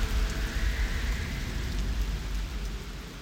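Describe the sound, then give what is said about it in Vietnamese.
Steady rain pours down with a constant hiss, while a low, rumbling wind rolls underneath, holding a fairly even loudness throughout without any voices. “Trời mưa gió quá, mấy em vô nhà đi, rồi chị làm bánh cho ăn.”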